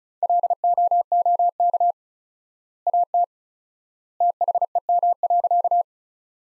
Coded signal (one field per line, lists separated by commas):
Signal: Morse code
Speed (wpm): 34 wpm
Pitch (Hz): 700 Hz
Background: none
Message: LOOK AT THEM.